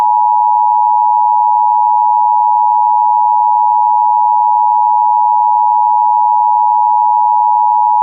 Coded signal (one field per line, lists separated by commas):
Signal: Emergency Alert System (SAME) tones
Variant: 853 and 960 Hz attention tone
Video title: Eas but the tsunami hits (with shake)